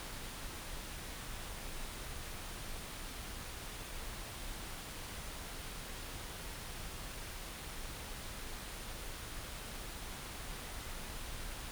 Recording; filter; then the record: brain microelectrode recording played as sound; wide band, above 20 Hz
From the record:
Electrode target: subthalamic nucleus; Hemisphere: right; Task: reaching with the left hand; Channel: 1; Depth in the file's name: 5.102 mm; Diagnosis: Parkinson's disease